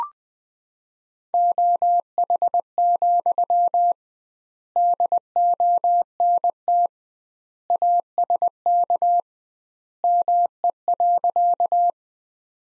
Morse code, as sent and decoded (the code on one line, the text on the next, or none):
--- .... --..-- / -.. --- -. - / .- ... -.- / -- . .-.-.-
OH, DONT ASK ME.